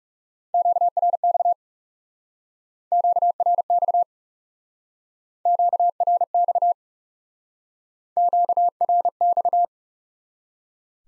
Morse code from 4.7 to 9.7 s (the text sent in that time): QRX QRX